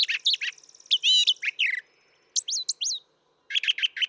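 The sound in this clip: Brown thrasher song: a rapid medley of varied, high chirps and slurred notes, some phrases given in pairs or short repeated runs, separated by brief pauses.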